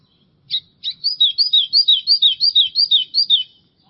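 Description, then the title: White-throated seedeater singing a fast run of many bright, slurred whistled notes in a steady rhythm over near silence. "Canto Do Golinha"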